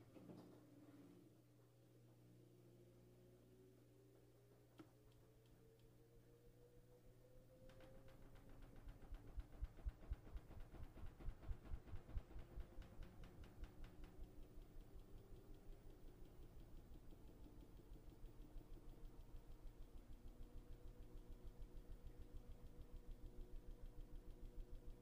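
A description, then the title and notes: A laundry washing machine runs with a low, steady hum and a slowly rising whine through the first several seconds. Around eight seconds a rhythmic churning begins, a fast regular thumping that peaks near twelve seconds and then continues evenly to the end. Laundry Washing Machine White Noise. The sound of a laundry washing machine as it washes away the dirt and grime of your clothes. The sound of a white noise hum.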